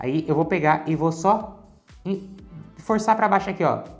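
A new SO-DIMM RAM module, already inserted at an angle into a Lenovo LOQ Essential laptop's memory slot, is about to be pressed down into its retaining clips while someone talks. Speech fills most of the clip, with a short quiet pause near 1.8 s. Nothing has seated or clicked yet.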